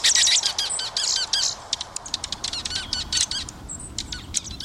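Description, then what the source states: Dark-eyed Junco calls: high, sharp chips and twittering notes, a dense burst in the first moments, then scattered single chips. Also called snowbird; many more arrive in fall to spend the winter after nesting in mountains or farther north; often visits seed feeders in winter.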